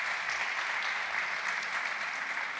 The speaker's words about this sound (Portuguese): Nós podemos aplaudi-los.